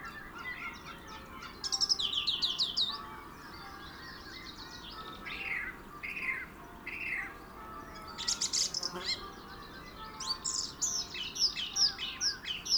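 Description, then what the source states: Song thrush song in separate bursts: fluty whistles and sharper chirping phrases with short pauses between them, one loud scratchy burst midway, and faint background hiss. Male singing.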